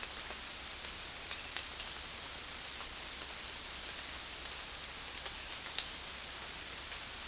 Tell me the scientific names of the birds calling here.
none